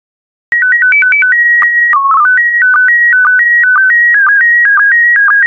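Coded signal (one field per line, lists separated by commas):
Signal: SSTV (slow-scan television)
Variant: PD120 mode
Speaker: complete. You can now check your decoded image against the picture that is shown on the video.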